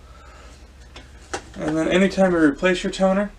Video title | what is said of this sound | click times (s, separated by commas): Brother HL L2320 - Onyx Imaging - Tulsa Printer Repair - Replace Toner | and install it back into your drums you're going to slide the front half in and rotate down until it clicks down into place | 1.0 s, 1.3 s